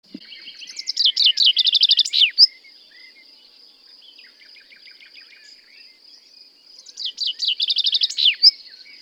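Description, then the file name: Common chaffinch singing twice, each strophe a fast run of repeated downslurred notes ending in a flourish, with a constant thin high tone running underneath throughout. "Fringilla coelebs"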